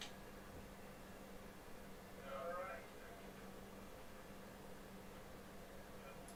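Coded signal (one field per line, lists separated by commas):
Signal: FT8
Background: speech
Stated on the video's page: Live FT8 test transmission.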